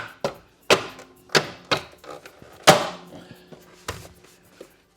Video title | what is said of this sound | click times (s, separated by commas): EVBASE Tesla Model 3 18" Uberturbine Wheel Covers: Get Ready to Turn Heads! | and then once you get it there you're just going to snap into place | 0.2 s, 0.7 s, 1.3 s, 3.9 s